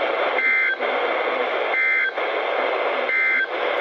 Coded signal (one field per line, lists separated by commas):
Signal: Emergency Alert System (SAME) tones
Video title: HAPPY NEW YEAR. HAVE SOME WARNINGS. (EAS#77-94)(Eas Compilation as of 1/1/22)